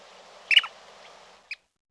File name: wilsons plover